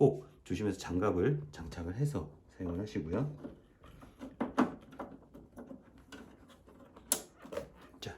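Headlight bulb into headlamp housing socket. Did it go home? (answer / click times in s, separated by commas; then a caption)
yes / 7.1 s. A replacement headlight bulb on a Land Rover Discovery 3/4 or Range Rover Sport SUV is fitted by hand and twisted or pushed into the socket of its plastic headlamp housing while someone talks. After a few faint handling taps, the bulb clicks into the socket at 7.1 s with a sharp, bright snap, confirming it is seated.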